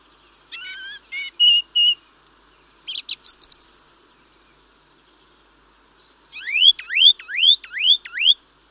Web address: Mistle thrush, with song thrush and skylark in distance Larks